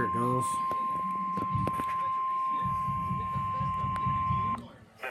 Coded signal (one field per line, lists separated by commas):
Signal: Emergency Alert System (SAME) tones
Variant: 1050 Hz attention tone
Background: speech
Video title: Severe Thunderstorm Warning Tazewell County IL